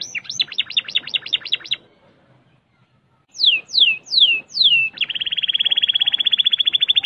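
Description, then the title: Canary song: a quick rolling trill, a pause, four loud downward-swooping whistles, then a rapid, even, buzzy trill. "Kenari"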